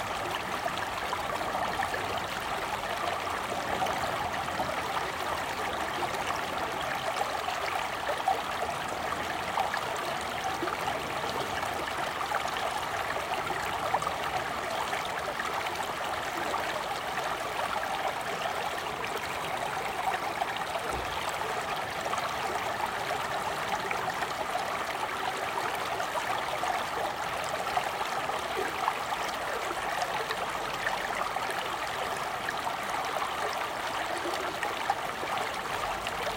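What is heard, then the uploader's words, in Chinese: Shallow water runs over a stony riverbed in spring, a steady, dense babble and trickle, bright, unchanging throughout. 裸露的河床 石块 春天 金色的光。无对话录音。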